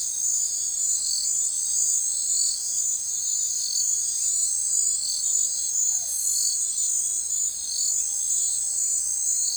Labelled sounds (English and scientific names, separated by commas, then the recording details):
none
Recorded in forest near Pivijay, Magdalena, Colombia, on 14 April 2023 at 21:00
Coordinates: 10.467, -74.380
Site Z5-G034